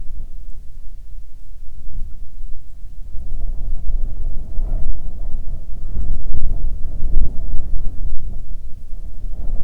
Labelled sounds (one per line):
wind